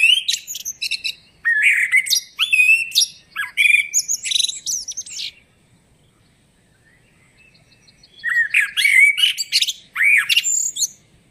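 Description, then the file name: Common blackbird song: an extended jumble of fluty warbles and high twittering notes, a quiet gap of about three seconds, then another squeaky, chattering phrase. "Turdus merula"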